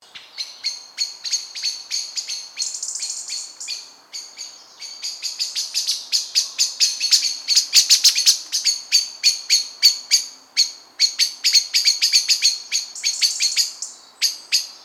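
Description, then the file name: Common blackbird in a long, agitated run of hard chinking calls, rapid and uneven, sometimes bunched into chattering rattles, going on nearly without break. "Turdus merula"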